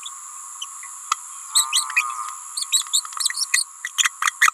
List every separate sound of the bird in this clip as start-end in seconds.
1.54-1.69, 1.72-1.86, 2.56-2.66, 2.72-2.83, 2.93-3.03, 3.34-3.47, 3.52-3.64, 3.84-3.89, 3.98-4.09, 4.21-4.31, 4.41-4.51